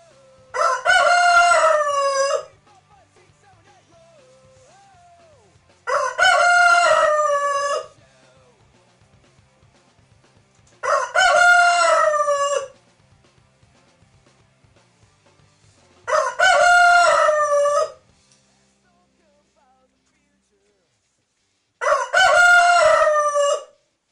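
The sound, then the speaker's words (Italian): A rooster crows five times in a steady series, each loud crow lasting about two seconds with a rising then falling harmonic call, separated by quiet pauses of a few seconds. “però secondo me è bellissimo sentirlo cantare, cioè a me non dà fastidio, anche se mi sveglia alle 5 di mattina e lo sento volentieri e poi mi riaddormento.”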